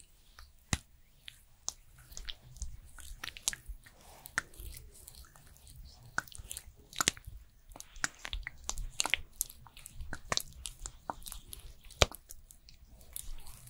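A skincare routine with irregular sharp clicks, taps and soft crackles throughout, wet squishy touches, a louder snap around twelve seconds, and faint low rumble underneath.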